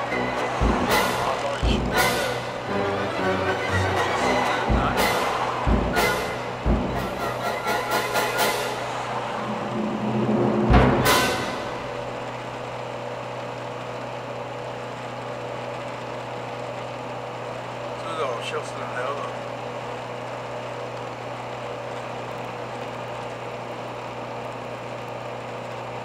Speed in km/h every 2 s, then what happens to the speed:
60, 61, 61, 60, 61, 61, 61, 61, 60, 61, 61, 60, 60.
0-26 steady at about 61.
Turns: none.